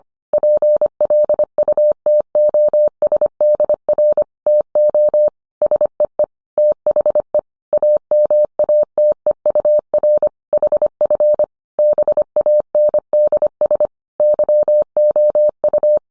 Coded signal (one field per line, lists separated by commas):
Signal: Morse code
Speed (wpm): 25 wpm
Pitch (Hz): 600 Hz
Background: none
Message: PLUTOSDR TO SEE THE AMATEUR HF BANDS YOU